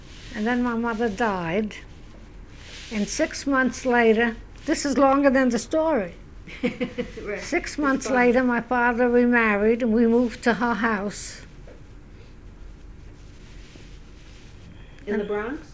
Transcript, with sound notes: And then my mother died, and six months later, this is longer than the story. ( they laugh ) Six months later my father remarried and we moved to her house.
In the Bronx?